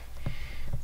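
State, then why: Not seated. A yellow ethernet cable's plastic RJ45 plug is handled at the port on the back of a Ring Alarm 2nd Gen base station. Soft handling noises rise over a low steady hum, with a brief bump at about 0.3 s and another near 0.7 s. The plug has not seated or clicked in yet.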